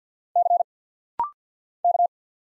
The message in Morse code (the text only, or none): C K